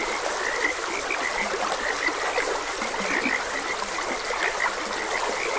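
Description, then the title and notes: Several frogs croak in short bursts, a few low notes among higher ones, over the constant rush of trickling water. Several frogs croaking beside a gentle stream, as ambient nature sound. "Gentle Stream and Frogs Croaking. Sleep and Relaxation Podcast"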